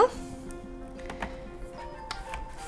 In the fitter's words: Just clicks in.